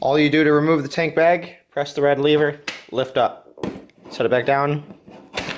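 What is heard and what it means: A Givi tank bag is being removed from and reattached to its tank lock ring on the fuel tank of a Yamaha FJ-09/MT-09 Tracer. Its red lever is pressed, the bag is lifted off and then set back down while someone talks, with a few soft handling knocks in between. Nothing has seated or clicked into the lock yet.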